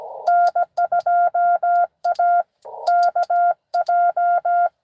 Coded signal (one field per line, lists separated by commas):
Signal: Morse code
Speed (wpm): 17 wpm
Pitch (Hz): 700 Hz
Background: none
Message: N2AKJ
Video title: N2AKJ is live! doing pota at us-2114 #pota #cw #n2akj